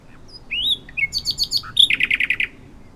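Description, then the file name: Common nightingale song phrase: a few slurred whistles and a short run of notes, then a rapid run of several loud, evenly repeated chuckling notes. "Luscinia megarhynchos"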